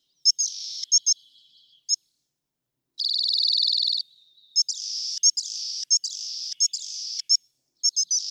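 Rock wren song made of harsh buzzy phrases mixed with sharp high ticks and one loud, rapid, pulsing trill.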